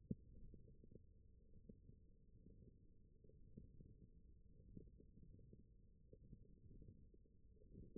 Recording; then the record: forearm muscle sounds (acoustic myography)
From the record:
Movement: wrist flexion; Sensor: system 1, eight BSWA MPA416 microphones around the upper forearm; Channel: 5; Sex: male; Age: 21 years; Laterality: right